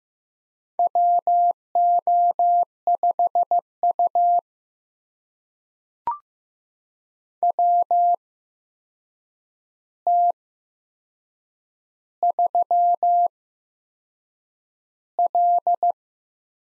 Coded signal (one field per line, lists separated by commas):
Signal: Morse code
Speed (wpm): 15 wpm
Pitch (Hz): 700 Hz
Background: none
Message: WO5U WT3L